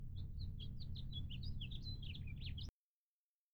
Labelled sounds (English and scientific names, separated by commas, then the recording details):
House Finch (Haemorhous mexicanus) song
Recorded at Hewlett Harbor on Long Island, New York, on 10 June 1975
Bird D